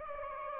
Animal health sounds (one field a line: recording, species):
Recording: mosquito wingbeat signal from an infrared sensor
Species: Aedes aegypti